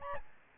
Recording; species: mosquito wingbeat signal from an infrared sensor; Aedes albopictus